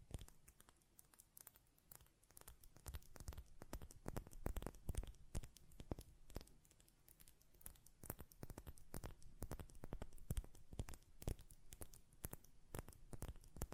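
A glass perfume bottle is tapped and its lid handled in a rapid, uneven stream of sharp clicks and taps that runs the whole time. Some bursts come in quick crackly clusters, others as single harder knocks, over a quiet, faintly hissy background.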